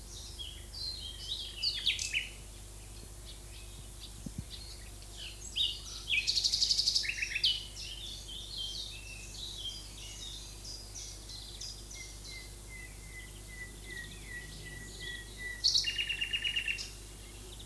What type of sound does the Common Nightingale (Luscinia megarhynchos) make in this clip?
song